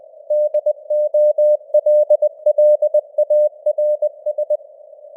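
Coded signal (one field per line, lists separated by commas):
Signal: Morse code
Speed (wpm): 20 wpm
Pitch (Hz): 600 Hz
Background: none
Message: DOLLARS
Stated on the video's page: Morse news headlines at 20 wpm with simulated radio noise and varying signal strength (QSB).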